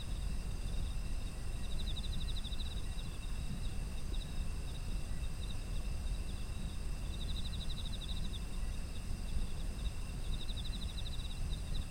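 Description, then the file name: Autumn insects: repeated bursts of fast pulsed insect chirping, a few seconds apart, ride on a constant high-pitched chorus and a low, steady background rumble. Ambient sound of autumn insects. "秋の虫の環境音"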